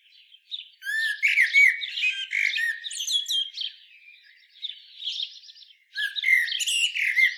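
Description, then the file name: Common blackbird singing two loud bursts of mellow fluted notes mixed with thin high twitters, separated by a quieter scratchy warbling passage. "Turdus merula"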